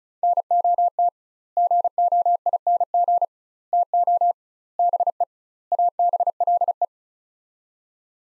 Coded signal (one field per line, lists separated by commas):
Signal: Morse code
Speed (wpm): 36 wpm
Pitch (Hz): 700 Hz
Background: none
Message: NOT GOING TO BE ABLE